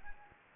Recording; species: mosquito wingbeat signal from an infrared sensor; Anopheles gambiae